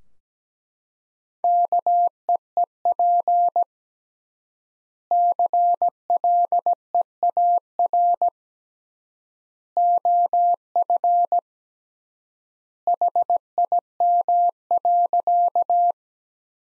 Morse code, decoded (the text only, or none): KEEP CLEAR OF HIM.